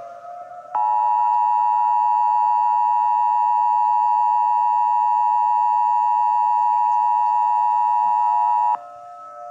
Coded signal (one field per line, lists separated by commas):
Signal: Emergency Alert System (SAME) tones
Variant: 853 and 960 Hz attention tone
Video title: EAS Scenario The Moon Revolution